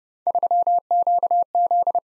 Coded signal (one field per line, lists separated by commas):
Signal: Morse code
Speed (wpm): 29 wpm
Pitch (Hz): 700 Hz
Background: none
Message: 3QZ